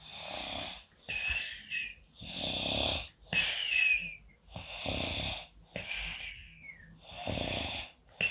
Baby With A Cold Snoring.